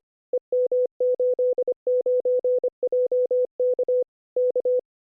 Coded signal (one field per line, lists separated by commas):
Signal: Morse code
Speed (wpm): 25 wpm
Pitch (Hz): 500 Hz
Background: none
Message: EM89JK K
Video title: Radio Abbreviations and Signals (Radio KD8TTE Ep 73)